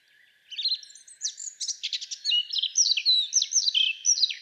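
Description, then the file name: Eurasian blackcap song of loud varied warbles and clear whistled notes following each other quickly without pause. "Sylvia atricapilla"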